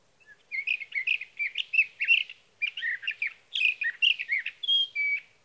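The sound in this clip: Sage thrasher song: a long jumble of quick warbling notes, varied and musical, ending in clear whistled slurs; no other sounds.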